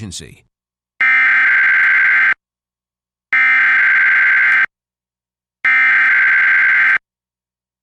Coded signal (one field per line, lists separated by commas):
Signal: Emergency Alert System (SAME) tones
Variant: header bursts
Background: speech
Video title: EAS #660-661: 2 EAS Required Monthly Tests- July 7, 2022- 10:15AM PDT